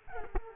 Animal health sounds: mosquito wingbeat signal from an infrared sensor; Culex quinquefasciatus

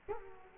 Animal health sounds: mosquito wingbeat signal from an infrared sensor; Culex quinquefasciatus

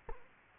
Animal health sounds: mosquito wingbeat signal from an infrared sensor; Culex quinquefasciatus

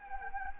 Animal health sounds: mosquito wingbeat signal from an infrared sensor; Anopheles gambiae

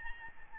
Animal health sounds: mosquito wingbeat signal from an infrared sensor; Aedes albopictus

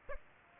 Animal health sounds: mosquito wingbeat signal from an infrared sensor; Aedes aegypti

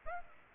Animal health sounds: mosquito wingbeat signal from an infrared sensor; Aedes aegypti

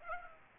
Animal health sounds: mosquito wingbeat signal from an infrared sensor; Aedes aegypti

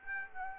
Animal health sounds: mosquito wingbeat signal from an infrared sensor; Aedes aegypti

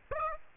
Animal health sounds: mosquito wingbeat signal from an infrared sensor; Aedes aegypti

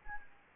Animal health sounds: mosquito wingbeat signal from an infrared sensor; Anopheles gambiae

